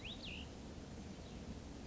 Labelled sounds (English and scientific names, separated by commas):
Cassin's Vireo (Vireo cassinii)